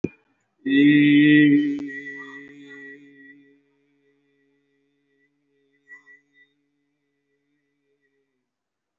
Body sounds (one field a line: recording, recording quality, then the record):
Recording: sustained vowel as in beet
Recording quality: excellent, no background noise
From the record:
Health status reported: recovered from COVID-19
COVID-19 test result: positive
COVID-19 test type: RT-PCR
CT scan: taken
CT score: 0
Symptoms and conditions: breathing difficulty, fatigue, muscle pain, pneumonia, another respiratory illness, hypertension, another condition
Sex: male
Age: 54 years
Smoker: yes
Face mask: not worn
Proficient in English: yes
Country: India